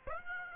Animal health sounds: mosquito wingbeat signal from an infrared sensor; Aedes aegypti

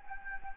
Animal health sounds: mosquito wingbeat signal from an infrared sensor; Anopheles gambiae

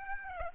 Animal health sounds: mosquito wingbeat signal from an infrared sensor; Aedes aegypti

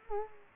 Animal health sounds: mosquito wingbeat signal from an infrared sensor; Culex quinquefasciatus

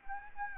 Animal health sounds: mosquito wingbeat signal from an infrared sensor; Anopheles arabiensis

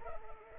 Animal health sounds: mosquito wingbeat signal from an infrared sensor; Culex pipiens

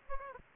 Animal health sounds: mosquito wingbeat signal from an infrared sensor; Aedes aegypti

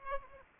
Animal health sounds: mosquito wingbeat signal from an infrared sensor; Aedes aegypti

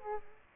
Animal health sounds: mosquito wingbeat signal from an infrared sensor; Aedes aegypti

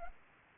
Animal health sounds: mosquito wingbeat signal from an infrared sensor; Anopheles arabiensis

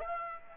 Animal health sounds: mosquito wingbeat signal from an infrared sensor; Aedes aegypti

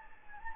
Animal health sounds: mosquito wingbeat signal from an infrared sensor; Anopheles gambiae

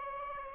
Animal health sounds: mosquito wingbeat signal from an infrared sensor; Aedes aegypti

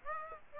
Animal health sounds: mosquito wingbeat signal from an infrared sensor; Aedes aegypti

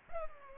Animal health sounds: mosquito wingbeat signal from an infrared sensor; Culex pipiens

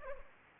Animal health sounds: mosquito wingbeat signal from an infrared sensor; Anopheles arabiensis

